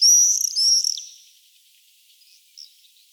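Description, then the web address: Common swift giving shrill, high screams, two long drawn-out buzzy screeches in the first second, then fading with faint calls. "vogelstimmen mauersegler nabu lars lachmann"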